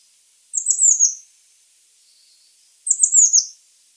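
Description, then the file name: Eurasian blue tit calls: a rapid run of very high, thin, descending notes given twice, about two seconds apart. "Cyanistes caeruleus"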